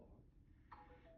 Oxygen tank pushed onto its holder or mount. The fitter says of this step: You have to hear the click cuz it locks it in place so the tank doesn't roll or fall.